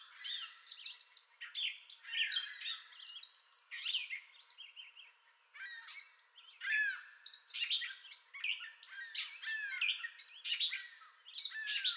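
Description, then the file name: Gray catbird song, a continuous mix of slurred whistles, squeaks and harsh notes, varying constantly from phrase to phrase. Entire song bout, 30 May 2021. "2021-05-30 Gray Catbird Entire Song Bout"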